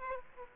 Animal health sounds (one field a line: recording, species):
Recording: mosquito wingbeat signal from an infrared sensor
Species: Aedes aegypti